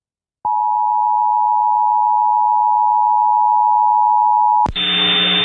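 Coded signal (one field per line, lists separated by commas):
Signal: Emergency Alert System (SAME) tones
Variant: 853 and 960 Hz attention tone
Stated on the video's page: Alert relayed by an internet radio station that rebroadcasts emergency alerts from across the United States, with non-local alerts delayed 3 to 5 minutes.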